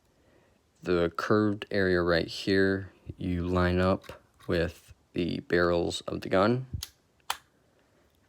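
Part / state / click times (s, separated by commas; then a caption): plastic part fitting onto the gun barrels of a model dive bomber / partly seated / 7.3 s. Someone talks while lining up the curved area of a plastic part of a Douglas SBD Dauntless dive bomber model with the gun barrels and pressing it on. A sharp click is heard at 7.3 s, but the part clicks without holding in place.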